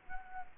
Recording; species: mosquito wingbeat signal from an infrared sensor; Culex quinquefasciatus